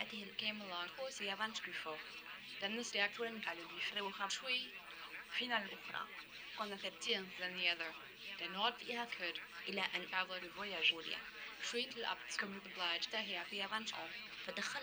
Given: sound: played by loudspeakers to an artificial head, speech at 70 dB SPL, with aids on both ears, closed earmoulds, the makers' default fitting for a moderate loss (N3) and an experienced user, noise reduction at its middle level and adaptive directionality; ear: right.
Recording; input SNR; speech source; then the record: speech test signal (ISTS) in cocktail-party noise; +6 dB; on the right (90 degrees)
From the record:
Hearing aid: class 2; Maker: F